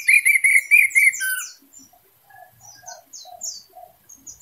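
Orange-headed thrush song: a rapid string of buzzy repeated notes, about four a second, giving way to softer, scattered chirps and low warbles.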